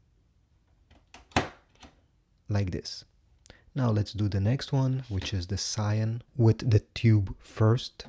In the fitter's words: and then you just need to push it with your finger once it's align until it clicks in place